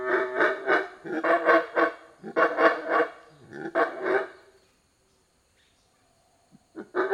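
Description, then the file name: Monkey uttering a rapid series of hoarse barks, then falling silent before a few fresh barks at the end. Loud calling in forest. "felix blume animal monkey loud calling in forest"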